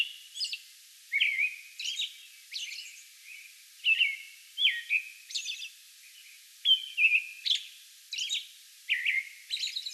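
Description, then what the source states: American robin singing rich whistled phrases, some softer and some louder, interspersed with sharp, high-pitched squeaky notes. May 11; song bout.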